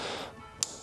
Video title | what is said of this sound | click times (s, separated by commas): Installing EVERY 2022+ WRX Tail Light! | together, hear the snap, and then you're gonna get this aligned into here, | 0.6 s